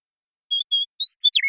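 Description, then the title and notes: Western meadowlark with two even whistles and a rising note, then a quick slurred downward phrase that finishes on a flat whistle. Song at natural pace; recorded in the Pacific Northwest, Washington, United States. "Western Meadowlark, Sturnella neglecta, song, contact calls, and flush, family: Troupials and Allies Recorded in the beautiful Pacific Northwest in Washington, United States"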